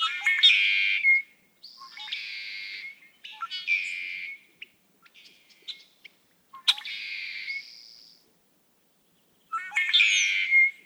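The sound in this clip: Red-winged blackbird repeating its song several times, each a few sharp introductory notes ending in a harsh, buzzy trill.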